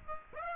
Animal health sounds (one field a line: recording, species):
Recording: mosquito wingbeat signal from an infrared sensor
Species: Aedes aegypti